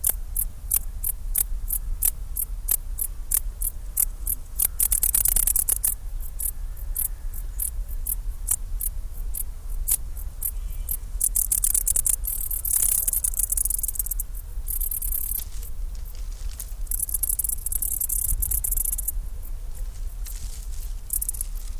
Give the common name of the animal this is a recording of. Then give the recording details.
Dark Bush-cricket. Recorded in the wild. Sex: male. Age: imago. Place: Schildow, Kalktuffgelände am Tegeler Fließ (NSG Schildow), Berlin, DE. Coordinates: 52.64, 13.39. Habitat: Fließtal. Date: 1997-08-03 16:33. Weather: 24°C, bedeckt. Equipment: Sony MD-WM MZ-R3, Sennheiser ME 80, K 30 AV, Kopie Uher 4000 Report Monitor. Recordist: Tembrock, Günter